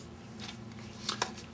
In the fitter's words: cartridge snaps into place it's held firmly in place